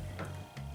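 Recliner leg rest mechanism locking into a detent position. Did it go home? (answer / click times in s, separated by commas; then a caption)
no / none. The lever of a La-Z-Boy rocker recliner is handled as the leg rest mechanism starts toward the first of its three locking footrest positions, over a steady low hum. A brief ticking sound comes at about 0.2 s and a softer one near 0.6 s. Nothing has seated or clicked yet.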